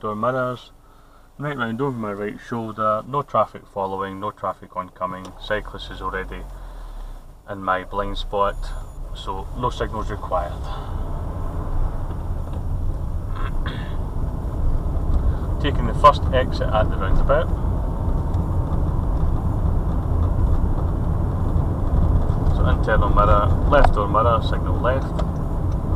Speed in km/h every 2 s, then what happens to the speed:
0, 0, 0, 2, 5, 18, 19, 23, 29, 31, 32, 32, 32.
0-6 standing. 6-20 pulls away to 32. 20-26 steady at about 32.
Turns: none.